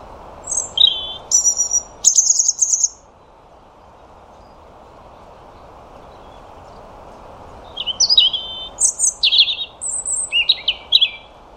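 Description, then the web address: European robin song in two spells, high tinkling whistles and fast trills sliding between pitches, with a silent pause of about five seconds between them; low steady hiss. "Deverinetal 2025 File origin Bird Only Er Ru"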